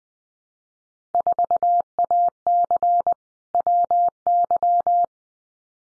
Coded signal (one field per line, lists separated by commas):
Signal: Morse code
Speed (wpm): 20 wpm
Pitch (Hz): 700 Hz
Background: none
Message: 4AC WY